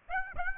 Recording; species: mosquito wingbeat signal from an infrared sensor; Aedes aegypti